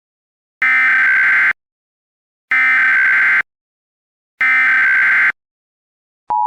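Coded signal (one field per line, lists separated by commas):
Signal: Emergency Alert System (SAME) tones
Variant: header bursts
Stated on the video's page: Fictional short EAS scenario containing valid SAME tones.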